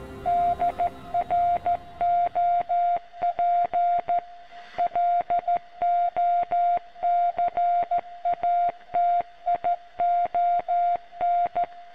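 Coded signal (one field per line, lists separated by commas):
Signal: Morse code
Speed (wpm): 17 wpm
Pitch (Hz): 700 Hz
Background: radio noise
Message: DROP LOCATION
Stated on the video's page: Mysterious transmission intercepted after repairing a radio mast in the game The Secret World.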